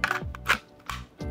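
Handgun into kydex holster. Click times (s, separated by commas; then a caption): 0.0 s. A handgun is pushed into an OD green kydex IWB holster, and the retention snaps over the gun with a sharp click at 0.0 s, followed by several further clicks and rattles through the clip. The gun seats snugly in the holster and takes a little effort to get out.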